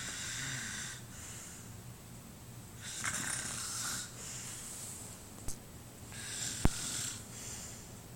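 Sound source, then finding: Sleeper. Snoring.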